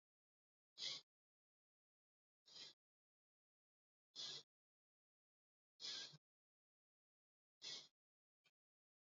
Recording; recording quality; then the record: shallow breathing; excellent, no background noise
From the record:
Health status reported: healthy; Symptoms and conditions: none ticked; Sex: male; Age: 60 years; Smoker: not ticked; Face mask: not worn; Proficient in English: yes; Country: India